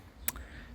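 A plastic-housed rear light cluster on a Citroën C5 X7 Tourer is pushed back into its recess in the car body after a stop light replacement. A sharp click at 0.3 s is followed by a softer knock at 0.4 s, and the cluster is seated.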